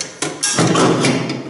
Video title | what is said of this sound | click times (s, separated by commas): Unboxing the Panasonic SD-ZB2512 Breadmaker - The Crazy Chef | like that locks in place | 0.4 s